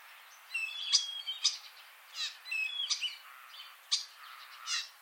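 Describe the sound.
Common starling calls: short whistles and sharp clicks in quick groups, with softer buzzy notes in between, over a faint background hiss.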